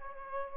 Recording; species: mosquito wingbeat signal from an infrared sensor; Aedes aegypti